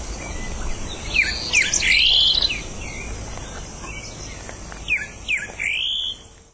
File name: Greyish saltator